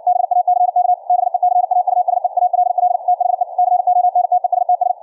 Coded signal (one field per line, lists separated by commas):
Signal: Morse code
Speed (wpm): 57 wpm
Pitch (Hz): 720 Hz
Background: none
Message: BACK BECAUSE ALL THE CONTESTS